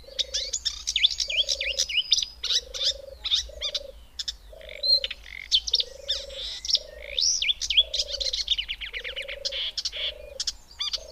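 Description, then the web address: Marsh warbler song: a fast, varied run of high chattering, buzzy and whistled notes, over a low, steady hooting note repeated about once a second. "Madardalok - Énekes nádiposzáta"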